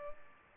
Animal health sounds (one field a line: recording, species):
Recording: mosquito wingbeat signal from an infrared sensor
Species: Culex pipiens